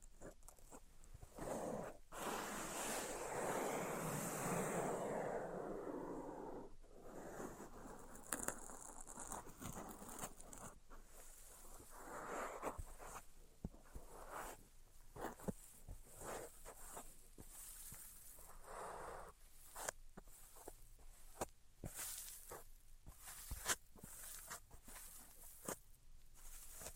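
Tapping, scratching and tracing on a surface. The first seven seconds hold a steady, dense rubbing hiss. After that come quicker, sharper taps and short scrapes in irregular clusters, with a brief swell of scratching near nineteen seconds and quiet gaps between strokes.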